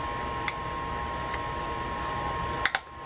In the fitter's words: there we go I just heard it snap out